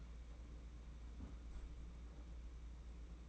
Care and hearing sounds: daily activity, microphone in the room; close fridge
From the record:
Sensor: 1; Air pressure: 991.8 hPa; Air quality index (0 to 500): 205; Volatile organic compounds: 1000 ppm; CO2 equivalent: 7935 ppm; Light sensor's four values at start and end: 29/102/39/39 and 29/102/39/39

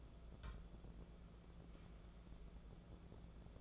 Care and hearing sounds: daily activity, microphone in the room; take from stove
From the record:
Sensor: 5

